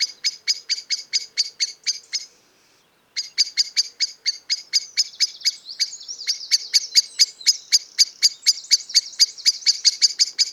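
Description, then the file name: Common blackbird giving a long series of rapid, hard chink calls, broken by a short pause before resuming. "Turdus merula"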